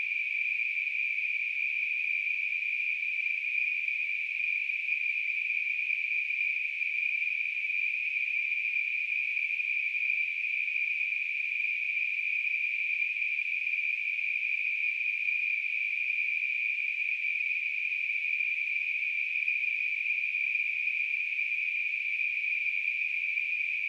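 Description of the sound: A steady, high-pitched hissing ring holds unchanged for about 24 seconds, with no pulsing or breaks and nothing in the low range. It is a simulation of tinnitus, a sound heard in the ears without any outside source.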